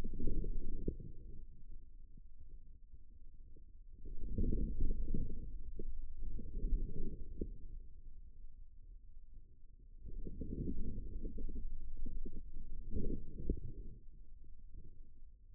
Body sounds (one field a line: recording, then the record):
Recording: forearm muscle sounds (acoustic myography)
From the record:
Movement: inward rotation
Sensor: system 2, bracelet of six BSWA MPA416 microphones around the upper forearm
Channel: 1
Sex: male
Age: 22 years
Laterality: right